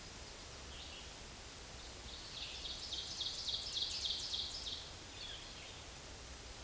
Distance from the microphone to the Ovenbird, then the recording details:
about 40 m. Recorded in a Pennsylvania forest on 17 May 2023 at 13:29. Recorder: AudioMoth, point grid1_6_low. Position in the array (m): 176 m, 12 m